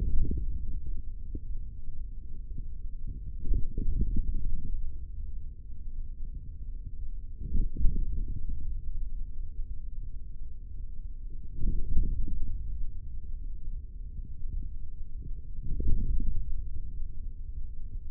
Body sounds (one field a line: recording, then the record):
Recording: forearm muscle sounds (acoustic myography)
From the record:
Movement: hand closing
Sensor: system 3, bracelet of six PUI Audio POM-2738L microphones around the upper forearm, with dedicated amplification and filtering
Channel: 5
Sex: male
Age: 43 years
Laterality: right